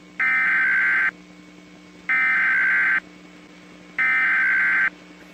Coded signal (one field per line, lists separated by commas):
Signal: Emergency Alert System (SAME) tones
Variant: header bursts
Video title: (RARE) NOAA EAS CHILD ABDUCTION EMERGENCY WITH CRS TOM 5/17/21